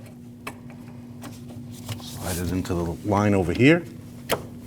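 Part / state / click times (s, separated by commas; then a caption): quick-connect onto line / seated / 4.3 s. While replacing the intake manifold on a 2014-2023 Jeep Cherokee, a quick-connect is slid onto the line as someone talks. It clicks on at 4.3 s, and a tug confirms the line coupling is seated.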